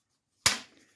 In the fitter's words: Snaps into place.